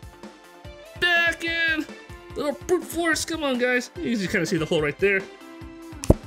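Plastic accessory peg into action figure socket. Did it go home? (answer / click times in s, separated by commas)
yes / 6.0 s, 6.1 s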